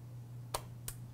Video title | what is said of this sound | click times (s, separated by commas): System RAM Upgrade - Acer Aspire E15 - $550 Windows Laptop | tabs tabs on the side push them to the side and the memory pops right out | 0.5 s, 0.9 s